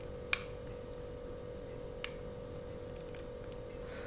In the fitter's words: that's clipped into place